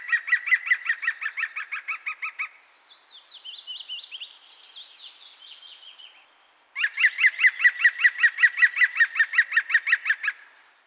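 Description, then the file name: European Green Woodpecker yaffling call, a rapid run of loud ringing notes that fades out, fainter higher calls in the gap, then another long steady series. "Pic vert"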